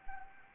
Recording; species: mosquito wingbeat signal from an infrared sensor; Anopheles arabiensis